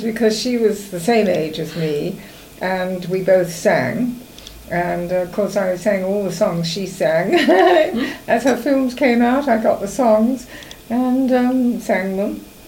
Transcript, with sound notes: Because she was the same age as me and we both sang. And, of course I sang all the songs she sang. [laughs] As her films came out, I got the songs. And erm, sang them.